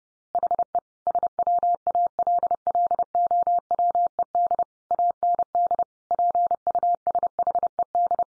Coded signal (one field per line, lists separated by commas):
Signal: Morse code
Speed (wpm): 30 wpm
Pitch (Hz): 700 Hz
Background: none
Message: HE SWALLOWED AND PUSHED